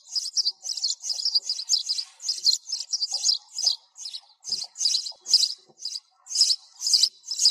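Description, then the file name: Sparrow calls, a steady stream of high chirps repeated about twice a second. Sparrow call for calling the flock. "tieng se goi bay"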